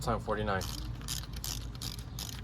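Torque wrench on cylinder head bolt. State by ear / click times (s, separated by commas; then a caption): torque reached / 1.4 s, 1.5 s. A head bolt on a D16 engine block is tightened with a click-type torque wrench set to 49 ft-lb. Someone talks briefly, then broadband ratcheting follows and the wrench clicks at 1.4 s and 1.5 s. The bolt reaches the setting and is confirmed at 49 ft-lb.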